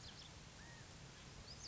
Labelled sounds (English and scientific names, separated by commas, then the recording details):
California Quail (Callipepla californica)
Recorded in Sonoma County, California